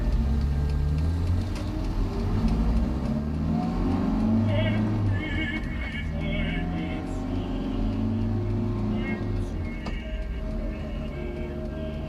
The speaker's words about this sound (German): Als wir zum dicken Stein hinauffuhren, schlingerte der Wagen durch Spurrillen, die immer tiefer wurden, bis der schwernasse Schnee unter dem Bodenblech knirschte.